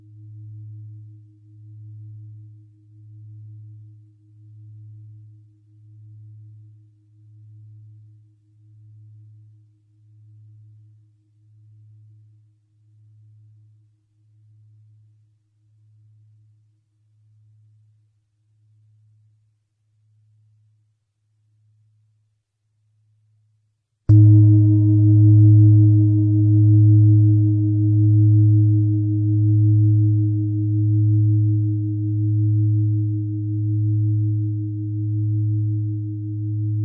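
A low 107.245 Hz tone pulses steadily and fades over about twenty seconds, then returns abruptly near 24 seconds, much louder with bright overtones.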